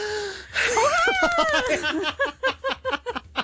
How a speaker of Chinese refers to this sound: 听到首歌，听到我喘气。